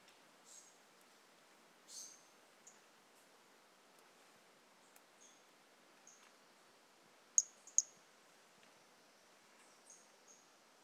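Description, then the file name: Brachycephalus mirissimus toadlet: scattered thin high chirps throughout, with two louder sharp notes close together after seven seconds. Individual 01, recorded 18 January 2018; the animal was not collected. "Brachycephalus mirissimus 18 jan 2018 individual 01 ex 02 A E Confetti not collected"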